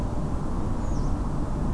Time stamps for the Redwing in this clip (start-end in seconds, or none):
0.80-1.11